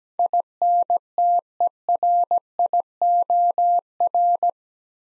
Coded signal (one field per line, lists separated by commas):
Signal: Morse code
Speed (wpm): 17 wpm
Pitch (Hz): 700 Hz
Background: none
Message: INTERIOR